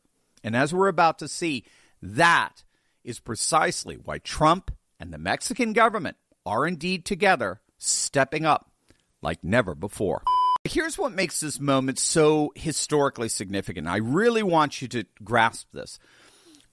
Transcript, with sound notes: And as we're about to see, that is precisely why Trump and the Mexican government are indeed together, stepping up like never before. (beep) Here's what makes this moment so historically significant. I really want you to grasp this.